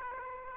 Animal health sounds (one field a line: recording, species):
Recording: mosquito wingbeat signal from an infrared sensor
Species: Aedes aegypti